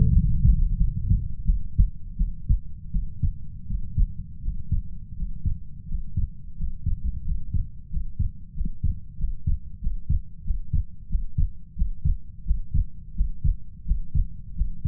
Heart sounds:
heart sounds by stethoscope; 87 bpm
0.11 s: heartbeat
0.76 s: heartbeat
1.45 s: heartbeat
2.16 s: heartbeat
2.91 s: heartbeat
3.67 s: heartbeat
4.42 s: heartbeat
5.16 s: heartbeat
5.87 s: heartbeat
6.56 s: heartbeat
7.24 s: heartbeat
7.89 s: heartbeat
8.54 s: heartbeat
9.17 s: heartbeat
9.80 s: heartbeat
10.43 s: heartbeat
11.08 s: heartbeat
11.75 s: heartbeat
12.44 s: heartbeat
13.14 s: heartbeat
13.85 s: heartbeat
14.55 s: heartbeat
From the record:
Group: healthy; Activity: rest 0-2 s, Valsalva maneuver 2-15 s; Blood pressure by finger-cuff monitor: 92/60 mmHg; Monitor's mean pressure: 70 mmHg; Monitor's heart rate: 87 bpm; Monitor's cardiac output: 7.2 L/min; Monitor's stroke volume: 83 mL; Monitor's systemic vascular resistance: 710 dyn s/cm5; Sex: female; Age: 19 years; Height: 163 cm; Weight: 48.9 kg

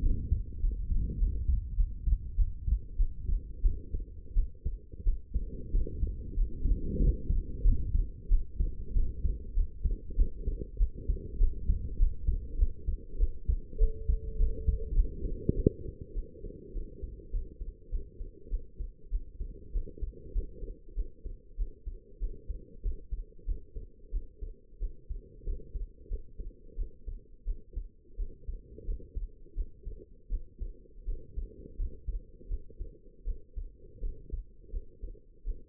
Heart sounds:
heart sounds by stethoscope; 93 bpm
0.01 s: heartbeat
0.61 s: heartbeat
1.19 s: heartbeat
1.76 s: heartbeat
2.36 s: heartbeat
2.97 s: heartbeat
3.62 s: heartbeat
4.34 s: heartbeat
5.04 s: heartbeat
5.72 s: heartbeat
6.35 s: heartbeat
6.99 s: heartbeat
7.64 s: heartbeat
8.29 s: heartbeat
8.94 s: heartbeat
9.55 s: heartbeat
10.16 s: heartbeat
10.78 s: heartbeat
11.38 s: heartbeat
11.98 s: heartbeat
12.58 s: heartbeat
13.18 s: heartbeat
13.79 s: heartbeat
14.38 s: heartbeat
14.95 s: heartbeat
15.54 s: heartbeat
16.14 s: heartbeat
16.73 s: heartbeat
17.31 s: heartbeat
17.90 s: heartbeat
18.50 s: heartbeat
19.11 s: heartbeat
19.73 s: heartbeat
20.33 s: heartbeat
20.95 s: heartbeat
21.57 s: heartbeat
22.20 s: heartbeat
22.83 s: heartbeat
23.46 s: heartbeat
24.12 s: heartbeat
24.80 s: heartbeat
25.45 s: heartbeat
26.09 s: heartbeat
26.76 s: heartbeat
27.45 s: heartbeat
28.17 s: heartbeat
28.86 s: heartbeat
29.55 s: heartbeat
30.30 s: heartbeat
31.06 s: heartbeat
31.77 s: heartbeat
32.49 s: heartbeat
33.25 s: heartbeat
34.01 s: heartbeat
34.72 s: heartbeat
35.45 s: heartbeat
From the record:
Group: healthy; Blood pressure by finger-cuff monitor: 87/62 mmHg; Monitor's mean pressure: 73 mmHg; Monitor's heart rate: 95 bpm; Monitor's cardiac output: 6 L/min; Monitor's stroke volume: 67 mL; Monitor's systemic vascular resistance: 680 dyn s/cm5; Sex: female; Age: 19 years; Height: 163 cm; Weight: 51 kg

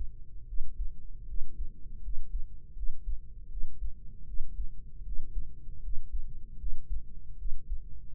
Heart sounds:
heart sounds by microphone in the right ear; 78 bpm
0.44 s: heartbeat
1.24 s: heartbeat
1.99 s: heartbeat
2.72 s: heartbeat
3.47 s: heartbeat
4.23 s: heartbeat
5.02 s: heartbeat
5.79 s: heartbeat
6.56 s: heartbeat
7.35 s: heartbeat
From the record:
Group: healthy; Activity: rest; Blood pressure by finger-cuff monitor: 109/72 mmHg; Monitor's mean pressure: 82 mmHg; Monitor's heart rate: 77 bpm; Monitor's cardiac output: 5.8 L/min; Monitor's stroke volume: 75 mL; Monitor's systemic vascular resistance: 1040 dyn s/cm5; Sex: female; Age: 23 years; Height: 160 cm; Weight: 50.4 kg

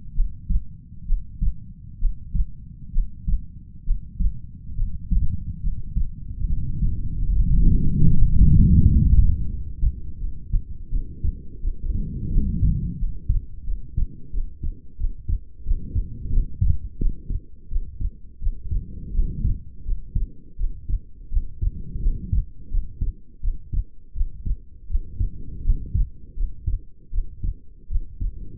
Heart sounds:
heart sounds by stethoscope; 80 bpm
0.13 s: heartbeat
1.05 s: heartbeat
1.98 s: heartbeat
2.91 s: heartbeat
3.84 s: heartbeat
4.75 s: heartbeat
5.61 s: heartbeat
6.45 s: heartbeat
7.29 s: heartbeat
8.05 s: heartbeat
8.77 s: heartbeat
9.46 s: heartbeat
10.18 s: heartbeat
10.89 s: heartbeat
11.60 s: heartbeat
12.29 s: heartbeat
12.96 s: heartbeat
13.64 s: heartbeat
14.30 s: heartbeat
14.97 s: heartbeat
15.63 s: heartbeat
16.30 s: heartbeat
16.98 s: heartbeat
17.68 s: heartbeat
18.39 s: heartbeat
19.12 s: heartbeat
19.83 s: heartbeat
20.56 s: heartbeat
21.29 s: heartbeat
22.00 s: heartbeat
22.69 s: heartbeat
23.40 s: heartbeat
24.13 s: heartbeat
24.87 s: heartbeat
25.62 s: heartbeat
26.35 s: heartbeat
27.10 s: heartbeat
27.88 s: heartbeat
From the record:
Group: healthy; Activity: Valsalva maneuver 0-4 s, rest 4-29 s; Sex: female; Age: 22 years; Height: 160 cm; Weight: 45 kg

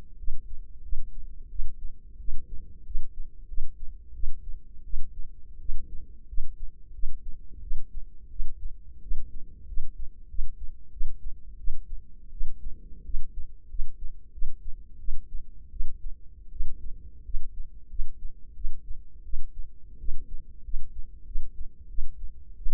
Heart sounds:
heart sounds by microphone in the left ear; 88 bpm
0.18 s: heartbeat
0.83 s: heartbeat
1.50 s: heartbeat
2.19 s: heartbeat
2.85 s: heartbeat
3.47 s: heartbeat
4.14 s: heartbeat
4.84 s: heartbeat
5.59 s: heartbeat
6.27 s: heartbeat
6.93 s: heartbeat
7.61 s: heartbeat
8.30 s: heartbeat
9.01 s: heartbeat
9.67 s: heartbeat
10.28 s: heartbeat
10.91 s: heartbeat
11.58 s: heartbeat
12.31 s: heartbeat
13.04 s: heartbeat
13.68 s: heartbeat
14.32 s: heartbeat
14.98 s: heartbeat
15.70 s: heartbeat
16.50 s: heartbeat
17.24 s: heartbeat
17.89 s: heartbeat
18.54 s: heartbeat
19.24 s: heartbeat
19.98 s: heartbeat
20.63 s: heartbeat
21.25 s: heartbeat
21.88 s: heartbeat
22.56 s: heartbeat
From the record:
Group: healthy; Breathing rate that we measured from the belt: 17 breaths a minute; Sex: female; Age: 22 years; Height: 157 cm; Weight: 47.6 kg

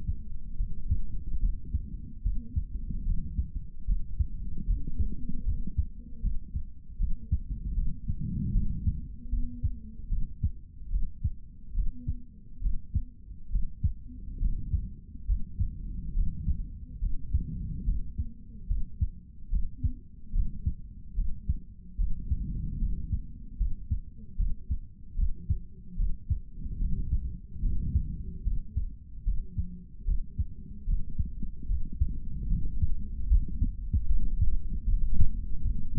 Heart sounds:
heart sounds by stethoscope; 74 bpm
0.57 s: heartbeat
1.40 s: heartbeat
2.23 s: heartbeat
3.05 s: heartbeat
3.86 s: heartbeat
4.67 s: heartbeat
5.45 s: heartbeat
6.21 s: heartbeat
6.98 s: heartbeat
7.75 s: heartbeat
8.53 s: heartbeat
9.30 s: heartbeat
10.09 s: heartbeat
10.90 s: heartbeat
11.74 s: heartbeat
12.61 s: heartbeat
13.50 s: heartbeat
14.39 s: heartbeat
15.26 s: heartbeat
16.14 s: heartbeat
17.00 s: heartbeat
17.85 s: heartbeat
18.67 s: heartbeat
19.50 s: heartbeat
20.32 s: heartbeat
21.15 s: heartbeat
21.97 s: heartbeat
22.79 s: heartbeat
23.58 s: heartbeat
24.36 s: heartbeat
25.15 s: heartbeat
25.96 s: heartbeat
26.79 s: heartbeat
27.62 s: heartbeat
28.43 s: heartbeat
29.24 s: heartbeat
30.05 s: heartbeat
30.86 s: heartbeat
31.68 s: heartbeat
32.49 s: heartbeat
33.29 s: heartbeat
34.07 s: heartbeat
34.86 s: heartbeat
35.63 s: heartbeat
From the record:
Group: healthy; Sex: male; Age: 55 years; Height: 167 cm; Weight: 57.2 kg

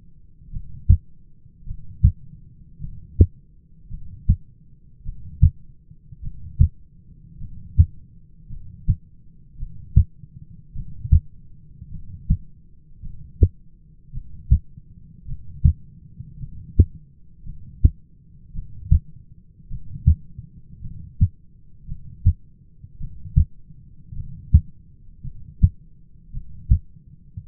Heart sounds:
heart sounds by stethoscope; 53 bpm
0.51 s: heartbeat
1.66 s: heartbeat
2.80 s: heartbeat
3.89 s: heartbeat
5.04 s: heartbeat
6.22 s: heartbeat
7.39 s: heartbeat
8.48 s: heartbeat
9.58 s: heartbeat
10.74 s: heartbeat
11.90 s: heartbeat
13.02 s: heartbeat
14.12 s: heartbeat
15.27 s: heartbeat
16.39 s: heartbeat
17.44 s: heartbeat
18.53 s: heartbeat
19.69 s: heartbeat
20.81 s: heartbeat
21.87 s: heartbeat
22.99 s: heartbeat
24.15 s: heartbeat
25.23 s: heartbeat
26.32 s: heartbeat
27.47 s: heartbeat
From the record:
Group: heart failure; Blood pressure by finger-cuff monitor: 106/61 mmHg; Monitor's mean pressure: 75 mmHg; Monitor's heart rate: 53 bpm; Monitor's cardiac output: 6 L/min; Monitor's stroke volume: 112 mL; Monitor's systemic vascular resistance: 890 dyn s/cm5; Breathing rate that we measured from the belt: 14 breaths a minute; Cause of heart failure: dilated cardiomyopathy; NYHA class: 2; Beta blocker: bisoprolol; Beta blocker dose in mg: 10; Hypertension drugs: sacubitril-valsartan, spironolactone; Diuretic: furosemide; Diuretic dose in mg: 40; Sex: male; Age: 29 years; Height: 174 cm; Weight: 92 kg

